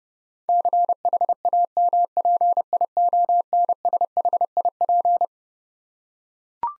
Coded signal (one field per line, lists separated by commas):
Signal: Morse code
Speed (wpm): 30 wpm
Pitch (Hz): 700 Hz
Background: none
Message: CHAMPIONSHIP